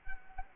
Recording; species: mosquito wingbeat signal from an infrared sensor; Culex quinquefasciatus